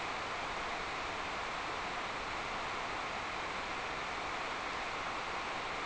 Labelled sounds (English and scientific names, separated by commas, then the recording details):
none
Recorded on Arctic tundra, site NAIT-1, on 26 June 2018
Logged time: 09:00